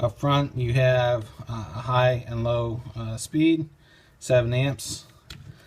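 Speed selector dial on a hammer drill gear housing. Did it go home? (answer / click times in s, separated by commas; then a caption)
yes / 5.3 s. Someone talks while turning the high/low speed selector dial on the front of a Porter Cable PC70THD 7 amp hammer drill's metal gear housing. A single sharp click is heard at 5.3 seconds as the dial locks into place.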